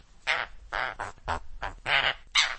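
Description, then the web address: Conure making five raspy, grating squawks spaced roughly half a second apart, each short and harsh. "parrot conure sounds noises"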